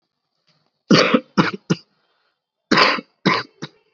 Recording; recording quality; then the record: shallow voluntary cough; excellent, no background noise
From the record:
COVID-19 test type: RT-PCR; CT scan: not taken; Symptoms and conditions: cough, fever, fatigue, muscle pain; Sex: male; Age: 21 years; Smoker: yes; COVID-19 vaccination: both doses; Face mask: worn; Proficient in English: yes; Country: India